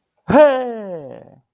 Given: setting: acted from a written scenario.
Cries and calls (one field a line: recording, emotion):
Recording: vocal sound without words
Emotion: triumph